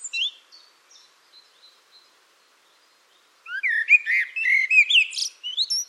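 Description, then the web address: Bird song: soft scattered high chirps, then a loud burst of rising slurred whistles and twittering notes in quick succession. "cianscape birddata Deverinetal 2025 File origin Bird Only Tu Me Tu Me"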